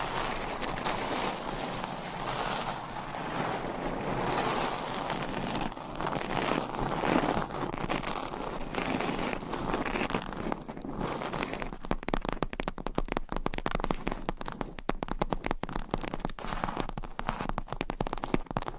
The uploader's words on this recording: ASMR Surface Scratching - Tapping - Tracing.